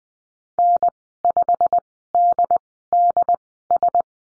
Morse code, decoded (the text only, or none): N5DDS